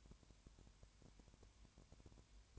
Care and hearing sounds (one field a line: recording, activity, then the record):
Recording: daily activity, microphone in the room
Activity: no activity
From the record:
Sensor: 2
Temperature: 20.3 degrees Celsius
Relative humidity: 33.8%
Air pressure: 1003.1 hPa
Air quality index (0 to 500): 82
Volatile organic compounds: 1 ppm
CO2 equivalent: 786 ppm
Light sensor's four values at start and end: 2/3/2/2 and 2/3/2/2